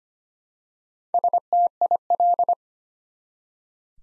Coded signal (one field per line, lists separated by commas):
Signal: Morse code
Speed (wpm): 25 wpm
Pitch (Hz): 700 Hz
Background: none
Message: STIL